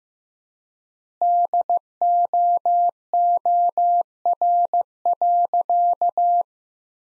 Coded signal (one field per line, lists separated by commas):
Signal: Morse code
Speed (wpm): 15 wpm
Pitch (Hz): 700 Hz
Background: none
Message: DOOR.